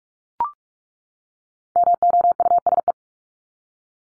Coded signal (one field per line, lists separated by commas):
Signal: Morse code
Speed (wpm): 44 wpm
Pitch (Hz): 700 Hz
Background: none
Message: MOUSE